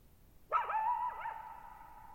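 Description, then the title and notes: Coyote giving one burst of wavering, yelping yips that fades into a long sustained echo. Lone coyote at night, July 14, 2019, Thirtymile Meadows, Okanogan National Forest, Okanogan High Country, 6400 ft; high dry plateau, shallow bowl-shaped meadow, burbling boggy ground, very quiet, reverberant. "Lone Coyote at Thirtymile Meadows. I spent the night of July 14, 2019, camped near Thirtymile Meadows in the Okanogan National Forest at 6400 ft (1950 m)"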